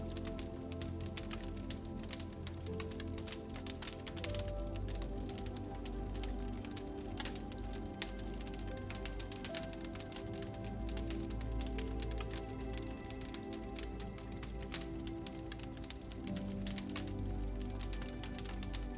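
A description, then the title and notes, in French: A fire crackles steadily throughout, with dense, quick pops and snaps scattered across the whole 19 seconds. Underneath, soft, sustained low melodic tones hold and shift slowly. The overall level stays even from start to finish. Le crepitement délicat du feu, associé à des mélodies douces.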